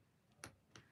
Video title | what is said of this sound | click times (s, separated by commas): Chill Thursday Crochet Hangout! | There you go. Did you hear that snap? That means that I is on there. | 0.4 s, 0.8 s